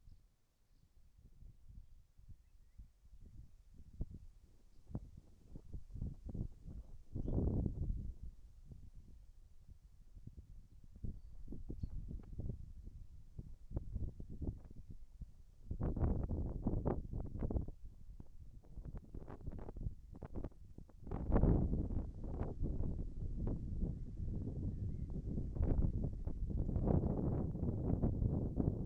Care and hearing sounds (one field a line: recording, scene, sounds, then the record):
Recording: everyday scene through a hearing-aid microphone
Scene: wind on the microphone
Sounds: wind, birds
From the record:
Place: in front of a rural house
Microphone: behind the ear, right, front